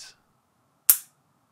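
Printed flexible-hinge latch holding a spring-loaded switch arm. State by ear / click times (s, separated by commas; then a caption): not seated / none. A spring-loaded arm of a 3D-printed switch is cocked back onto a printed flexible-hinge latch meant to hold the switch open. After a faint hiss at the start, a single sharp snap rings out at 0.9 s. The latch has not clicked into place and does not hold the switch open, because this version of the design does not latch reliably.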